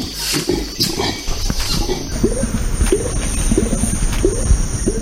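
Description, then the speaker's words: Orangutan vocal sounds: short, low, rising voiced notes repeated several times, over steady hiss and a faint high tone. Orangutans make two separate sounds at the same time, likened to human beatboxing; University of Warwick study linking this to the evolution of human speech. "It turns out that orangutans can basically beatbox."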